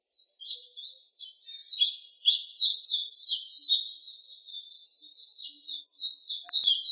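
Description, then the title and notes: Bird song, fast and high, a dense stream of twittering notes and trills that builds and continues throughout, clear against a silent background. Indonesia. "Kicau Burung Indonesia"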